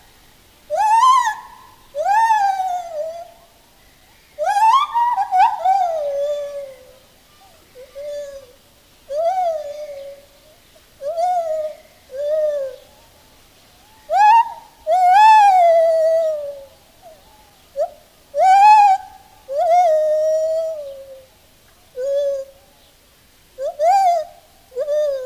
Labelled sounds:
Lar Gibbon (Hylobates lar) call
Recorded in captivity
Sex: male
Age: adult
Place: Zoo Berlin, Berlin, DE
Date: 2000-09-07 15:40
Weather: heiter, 16°C
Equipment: Nagra SN, Kopie Uher 4000 Report Monitor
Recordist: Tembrock, Günter
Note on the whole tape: Männchen: Laute und Lautfolgen (auch Laute eines jüngeren Männchens). Kopiereffekte, sonst sehr gute Aufnahmequalität

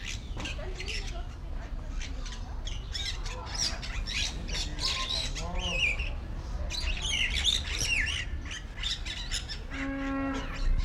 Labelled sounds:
Bali Myna (Leucopsar rothschildi)
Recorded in captivity
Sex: male
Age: adult
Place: Zoo Berlin, Berlin, DE
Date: 1994-07-16 10:55
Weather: sonnig, 22-26°C
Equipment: Marantz CP 430, Sennheiser ME 80, Kopie Uher Variocord 263
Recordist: Tembrock, Günter

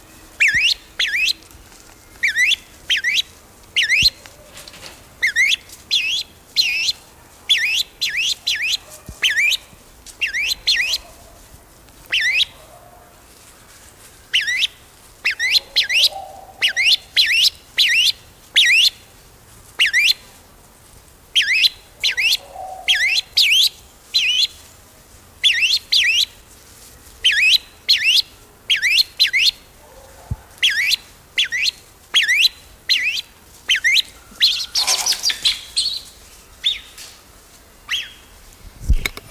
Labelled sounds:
Grey-winged Trumpeter (Psophia crepitans)
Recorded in captivity
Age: adult
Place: Zoo Berlin, Berlin, DE
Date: 1999-09-04 15:11
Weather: sunny, 24°C
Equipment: Sony WM-D6C, Sennheiser ME 80, Kopie Uher 4000 Report Monitor
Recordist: Tembrock, Günter

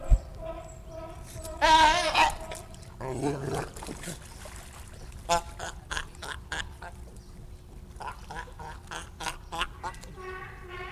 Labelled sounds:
Brown Fur Seal (Arctocephalus pusillus)
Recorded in captivity
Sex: group
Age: adult
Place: Zoo Berlin, Berlin, DE
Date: 1959-03-04 16:00
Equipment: Reporter (Vollspur)
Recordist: Tembrock, Günter

